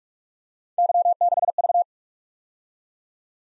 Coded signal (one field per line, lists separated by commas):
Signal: Morse code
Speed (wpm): 44 wpm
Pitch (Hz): 700 Hz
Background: none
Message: Y6V